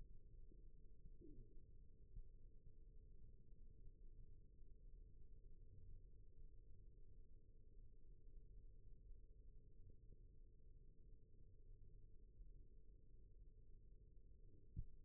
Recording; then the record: forearm muscle sounds (acoustic myography)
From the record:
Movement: rest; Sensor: system 1, eight BSWA MPA416 microphones around the upper forearm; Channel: 2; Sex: male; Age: 21 years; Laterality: right